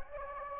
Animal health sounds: mosquito wingbeat signal from an infrared sensor; Anopheles gambiae

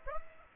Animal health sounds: mosquito wingbeat signal from an infrared sensor; Aedes aegypti

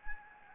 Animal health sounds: mosquito wingbeat signal from an infrared sensor; Anopheles gambiae

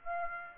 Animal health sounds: mosquito wingbeat signal from an infrared sensor; Aedes aegypti

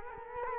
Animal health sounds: mosquito wingbeat signal from an infrared sensor; Culex quinquefasciatus

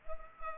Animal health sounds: mosquito wingbeat signal from an infrared sensor; Culex pipiens

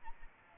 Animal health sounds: mosquito wingbeat signal from an infrared sensor; Aedes albopictus

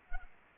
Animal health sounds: mosquito wingbeat signal from an infrared sensor; Anopheles arabiensis

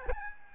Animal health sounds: mosquito wingbeat signal from an infrared sensor; Aedes albopictus

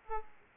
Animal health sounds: mosquito wingbeat signal from an infrared sensor; Aedes aegypti

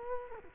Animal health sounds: mosquito wingbeat signal from an infrared sensor; Culex quinquefasciatus

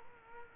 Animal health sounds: mosquito wingbeat signal from an infrared sensor; Culex quinquefasciatus

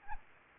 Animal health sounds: mosquito wingbeat signal from an infrared sensor; Anopheles gambiae

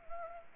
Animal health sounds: mosquito wingbeat signal from an infrared sensor; Anopheles arabiensis

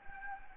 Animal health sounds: mosquito wingbeat signal from an infrared sensor; Anopheles gambiae

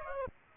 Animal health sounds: mosquito wingbeat signal from an infrared sensor; Aedes aegypti

